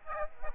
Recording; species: mosquito wingbeat signal from an infrared sensor; Aedes aegypti